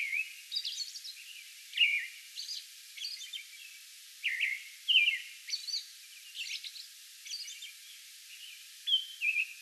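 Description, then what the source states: American robin whistled song phrases mixed with frequent thin high notes over a faint background hiss. Song bout recorded on May 11.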